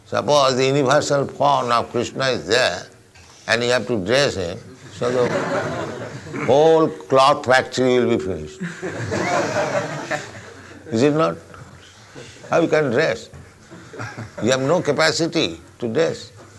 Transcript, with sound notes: Suppose the universal form of Kṛṣṇa is there, and you have to dress Him, [laughter] so the whole cloth factory will be finished. [laughter] Is it not? How you can dress? You have no capacity to dress.